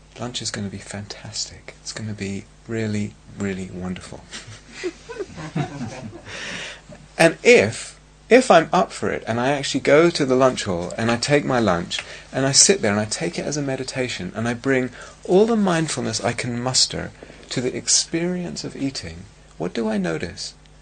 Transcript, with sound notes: Lunch is going to be fantastic. It's going to be really, really wonderful." [laughter] And if I'm up for it and I actually go to the lunch hall and I take my lunch, and I sit there and I take it as a meditation, and I bring all the mindfulness I can muster to the experience of eating, what do I notice?